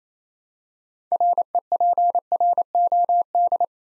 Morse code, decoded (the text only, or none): REPROD